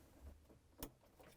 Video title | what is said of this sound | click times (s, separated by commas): How To Replace: Whirlpool/KitchenAid/Maytag Refrigerator Evaporator Fan Motor W11396715 | make sure it clicks | 0.8 s